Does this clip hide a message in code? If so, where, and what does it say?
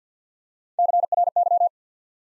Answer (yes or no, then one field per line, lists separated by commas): yes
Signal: Morse code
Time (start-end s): 0.8-1.7 s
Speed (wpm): 50 wpm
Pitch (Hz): 700 Hz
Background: none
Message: C R Y